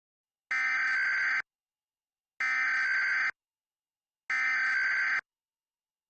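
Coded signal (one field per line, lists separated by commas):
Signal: Emergency Alert System (SAME) tones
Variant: header bursts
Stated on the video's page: Fictional EAS mock alert.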